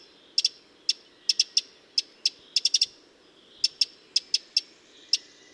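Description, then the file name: Eurasian wren calling in crisp, evenly loud ticks, some paired or in quick threes, spaced under a second apart, against a soft background hiss. "Troglodytes troglodytes"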